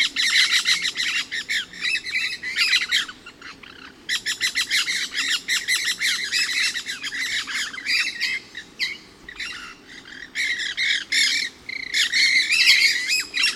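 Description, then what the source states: Pyrrhura parakeets in a noisy flock, rapid harsh screeches in dense runs broken by brief gaps, several birds calling at once. Resident flock of about 8 birds moving three-quarters or more up the trees over the station clearing, around 12:20 p.m., partly cloudy and hot (upper 80s, thermometer about 92).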